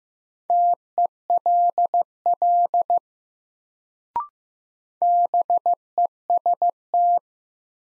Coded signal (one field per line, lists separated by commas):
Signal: Morse code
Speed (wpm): 15 wpm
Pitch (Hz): 700 Hz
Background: none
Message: TELL BEST